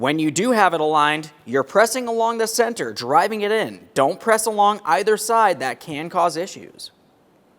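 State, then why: Not seated. Replacement side mirror glass with plastic backing, with its defroster wiring routed toward the outboard side, is aligned on the mirror housing actuator of a 2014-2019 Toyota Corolla and pressed at the center rather than the sides to drive it onto the motor mount. Someone talks throughout, then the sound drops to near silence at the end. Nothing has seated or clicked yet.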